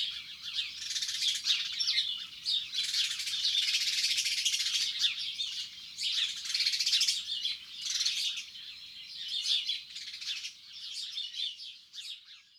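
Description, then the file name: House sparrow chirping, continuous overlapping chirps and chatter, steady and busy before fading at the end. Garden birds. "Moineau domestique"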